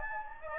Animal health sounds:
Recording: mosquito wingbeat signal from an infrared sensor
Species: Anopheles gambiae

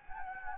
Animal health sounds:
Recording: mosquito wingbeat signal from an infrared sensor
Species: Anopheles gambiae

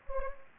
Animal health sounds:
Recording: mosquito wingbeat signal from an infrared sensor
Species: Anopheles gambiae

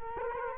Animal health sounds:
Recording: mosquito wingbeat signal from an infrared sensor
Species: Culex quinquefasciatus

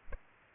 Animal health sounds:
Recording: mosquito wingbeat signal from an infrared sensor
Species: Aedes aegypti

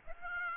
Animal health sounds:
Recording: mosquito wingbeat signal from an infrared sensor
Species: Aedes aegypti

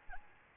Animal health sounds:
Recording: mosquito wingbeat signal from an infrared sensor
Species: Aedes albopictus

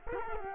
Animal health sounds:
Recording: mosquito wingbeat signal from an infrared sensor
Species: Culex quinquefasciatus

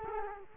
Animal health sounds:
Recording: mosquito wingbeat signal from an infrared sensor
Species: Culex quinquefasciatus

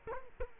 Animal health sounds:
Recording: mosquito wingbeat signal from an infrared sensor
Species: Culex quinquefasciatus

